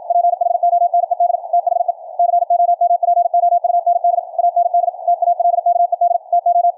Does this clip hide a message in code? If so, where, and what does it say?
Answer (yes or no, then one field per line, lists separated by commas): yes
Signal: Morse code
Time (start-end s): 0.1-6.7 s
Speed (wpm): 53 wpm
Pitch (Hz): 700 Hz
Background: none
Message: PHONED THE COMPOUND AND TALKED TO